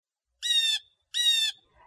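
Blue Jay harsh calls: two loud raspy squawks, each rich and nasal.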